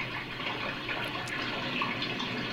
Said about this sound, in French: Valley Export reprend le sang dans une performance de 1973 qui s'appelle « Man und Frau und Animal » et qui est une sorte de condensé de la vie d'une femme. On voit une main qui ouvre un robinet d'eau.